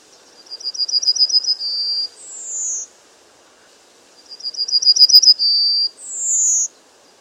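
Bird song: a trill of high notes growing louder, then a steady whistle and a higher drawn-out whistle, the whole phrase given twice with a pause of about one and a half seconds between.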